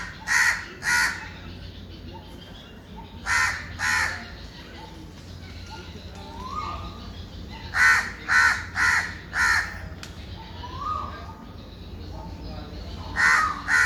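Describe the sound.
Bird cawing comes in bursts of two to four rough, hoarse notes, separated by pauses and a few soft rising whistles, above a constant low hum.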